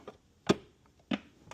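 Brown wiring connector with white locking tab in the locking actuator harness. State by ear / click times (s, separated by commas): released / 0.5 s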